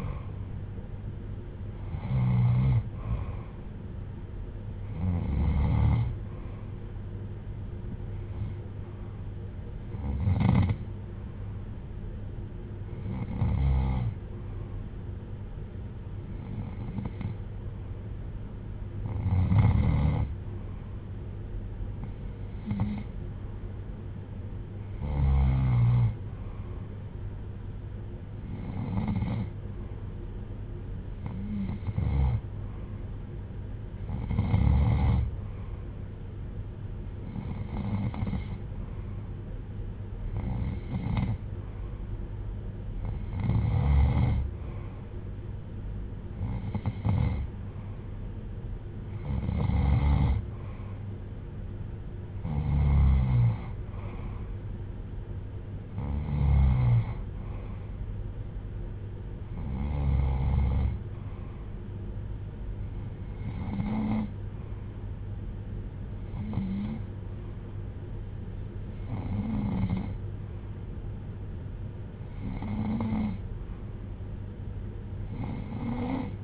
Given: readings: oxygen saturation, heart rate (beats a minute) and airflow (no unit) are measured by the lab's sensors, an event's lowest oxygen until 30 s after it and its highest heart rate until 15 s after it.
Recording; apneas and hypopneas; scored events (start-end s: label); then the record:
breathing in sleep by a smartphone at the bedside; 1
9.00-49.70 s: hypopnea (N2, oxygen 96% highest, then 92% lowest)
From the record:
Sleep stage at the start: N2 (light sleep); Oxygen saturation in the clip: 92 to 96%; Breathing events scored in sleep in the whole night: 310 in 8.1 hours asleep